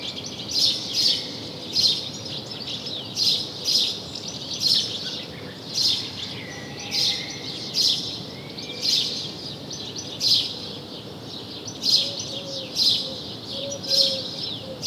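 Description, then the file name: House sparrow chirping persistently, bright notes repeated steadily throughout, with soft low tones and background hiss. "Passer domesticus"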